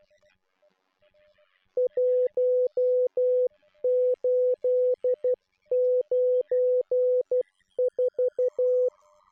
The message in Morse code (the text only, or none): 1894